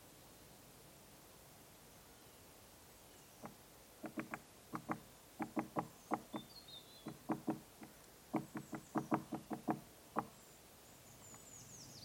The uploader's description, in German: Wie es klingt, wenn man das Mikrophon an einen Baumstamm hält, an dem ein Buntspecht klopft.